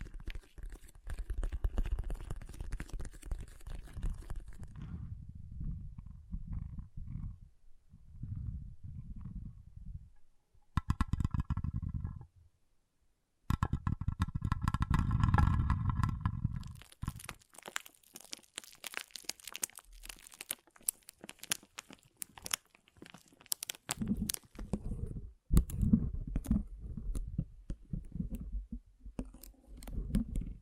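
Water beads are handled and squished in bursts, with soft, deep squelching lumps in the low range during the opening seconds, around 8–10, 14–17 and again after 24. Between them come dense, crisp crackling and rustling patches, plus a brief silence near 13 seconds.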